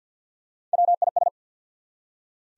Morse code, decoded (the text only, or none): WIS